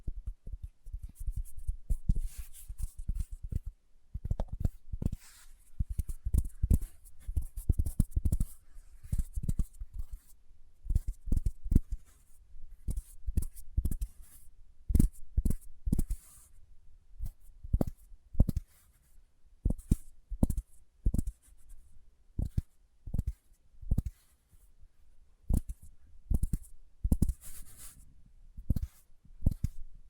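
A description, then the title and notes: Fingertips tap in quick, irregular bursts for the full thirty seconds, each dull low knock trailed by a faint brighter click, with short pauses. ASMR Tapping with Fingertips (No Talking).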